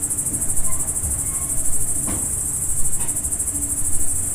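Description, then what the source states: Crickets chirp in a continuous high pulsing chorus; faint brief tones and two soft knocks come through over a low rumble. Crickets at dusk, farm ambience in the Emmental.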